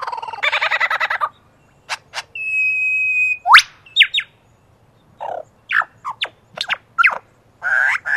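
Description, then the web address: Superb lyrebird song with harsh rattling bursts, a sustained whistle, sharp rising and falling sweeps, and clicking notes in quick varied succession. "earth naturelibrary assets s su superb lyrebird"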